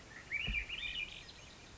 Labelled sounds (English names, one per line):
Swainson's Thrush